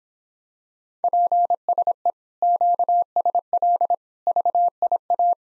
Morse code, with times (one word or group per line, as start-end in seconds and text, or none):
1.0-2.1 PSE
2.4-3.9 QSL
4.3-5.3 VIA